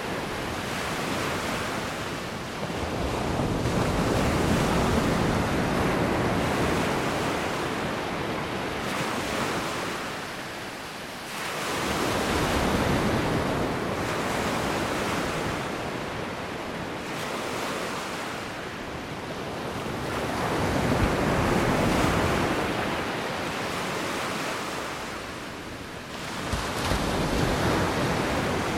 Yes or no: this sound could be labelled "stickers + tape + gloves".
no